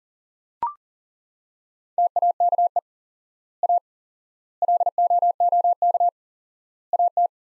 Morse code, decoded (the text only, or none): TAKE A LOOK AT